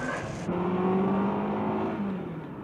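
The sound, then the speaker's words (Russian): A car engine kicks in with a brief hiss, then revs into a steady, rising low hum as the vehicle pulls away, easing off toward the end. No one speaks. “Надеюсь, в машине вас тоже не мукачивает.”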